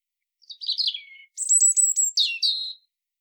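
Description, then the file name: European robin giving a clear song phrase: slurred downward notes, then a series of very high, thin, repeated pips, ending in a lower warbled flourish. "Erithacus rubecula"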